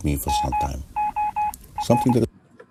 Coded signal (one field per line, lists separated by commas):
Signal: Morse code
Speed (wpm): 21 wpm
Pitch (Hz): 840 Hz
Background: speech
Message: MOR